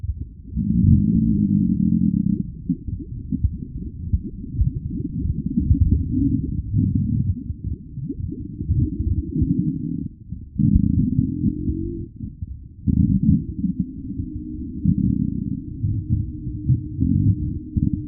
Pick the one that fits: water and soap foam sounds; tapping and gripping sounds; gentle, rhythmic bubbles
gentle, rhythmic bubbles